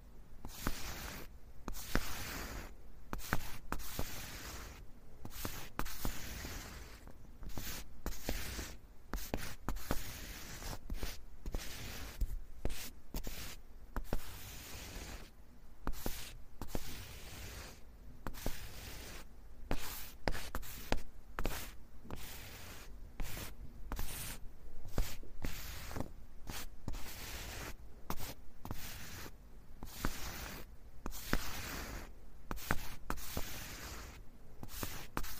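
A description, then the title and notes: Wood scraping in a long run of rough, gritty strokes, each a second or less, repeated at an uneven pace for the whole stretch. Short pauses break the strokes apart, and the loudness stays fairly even throughout, with a low rumble underneath. This episode is Wood Scraping.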